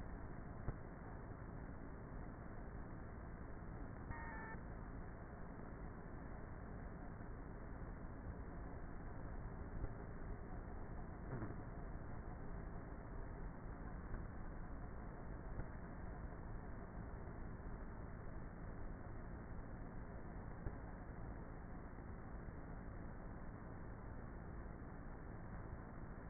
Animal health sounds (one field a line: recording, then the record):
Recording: honeybee colony, microphone inside the hive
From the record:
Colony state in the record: queenless with a low population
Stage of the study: before two queens were removed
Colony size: about 30,000 bees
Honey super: no